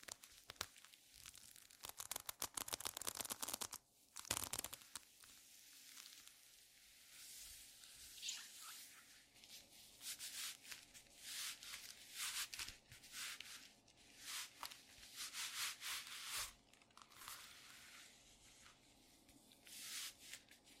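Squeaky leather glove sounds: repeated rubbing and creaking strokes, bright and hissy, come in uneven bursts throughout. A dense cluster of quick scrapes opens the first four seconds, followed by a brief pause near four seconds, then slower, spaced rubs and squeaks continue to the end.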